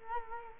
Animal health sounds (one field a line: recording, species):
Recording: mosquito wingbeat signal from an infrared sensor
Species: Culex quinquefasciatus